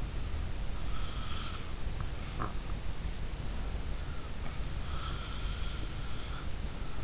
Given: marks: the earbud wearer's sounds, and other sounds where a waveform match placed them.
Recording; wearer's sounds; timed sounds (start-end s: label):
sounds in sleep by an in-ear microphone; snoring breath
0.77-2.57 s: snoring breath
4.78-6.86 s: snoring breath